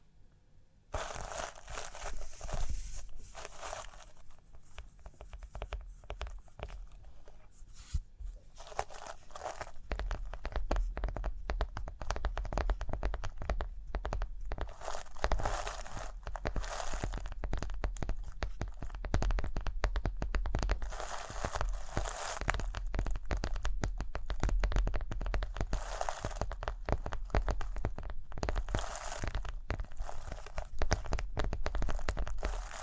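Rhinestones are tapped, scratched and brushed in a dense, restless stream of crisp clicks and scrapes that crackle and crinkle like crumpled material. A quieter start gives way after about ten seconds to fuller, steadier scratching, with a low rumble underneath and brighter bursts recurring every few seconds.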